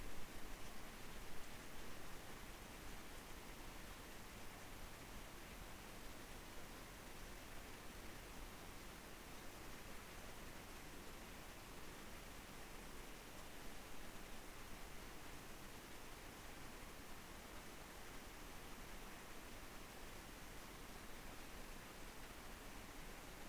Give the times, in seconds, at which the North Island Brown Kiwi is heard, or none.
none